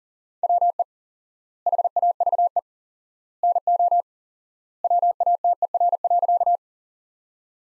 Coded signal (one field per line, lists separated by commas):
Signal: Morse code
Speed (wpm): 40 wpm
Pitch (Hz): 700 Hz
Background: none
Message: WE HAVE NO WATER.